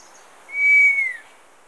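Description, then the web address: Scaled fruiteater uttering a single long, thin, high whistle, level then slurring downward at the end, over quiet background. Ecuador. "Birds of Ecuador. Scaled Fruiteater"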